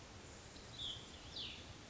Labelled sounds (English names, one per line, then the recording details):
Cassin's Vireo
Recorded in Sonoma County, California